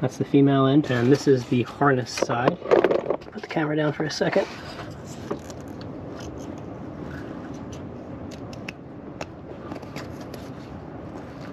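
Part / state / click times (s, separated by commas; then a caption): VCM delete harness connector into the engine harness coolant sensor plug / not seated / none. Someone talks while handling a VCM delete harness on a Honda Pilot, getting ready to join its male end to the female end of the engine's coolant-sensor plug (plastic automotive connectors). The talking stops and quiet handling follows, with brief taps and knocks at about 5.3, 8.7 and 9.2 seconds. Nothing has seated or clicked yet.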